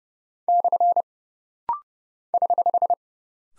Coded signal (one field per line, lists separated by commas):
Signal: Morse code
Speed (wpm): 30 wpm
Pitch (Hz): 700 Hz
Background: none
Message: / <HH>